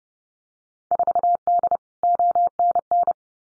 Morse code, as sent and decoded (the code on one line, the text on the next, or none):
....- -.. / --- -. -.
4D ONN